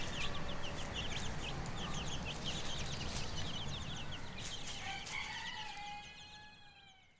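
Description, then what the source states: Chicken calls: many high, rapid peeping notes from chicks over a steady rushing noise, with a few longer, drawn-out whistled notes near the end. Hen with chicks, Brownsea Island.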